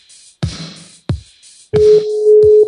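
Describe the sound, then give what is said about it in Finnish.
A steady mid-pitched telephone ringing tone on an outgoing call sounds for about a second, over a backing of thumping beats and hissy percussion. “No niin, No nyt soi.”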